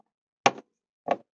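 The center piece of a plastic push-pin retainer holding the fender trim on a 2016 Jeep Wrangler is pressed down the rest of the way with pliers. A sharp, loud click at 0.5 s is followed by a softer, shorter click at 1.1 s. The retainer snaps home and is seated.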